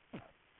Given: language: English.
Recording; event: throat vibration sensor signal played as sound; cough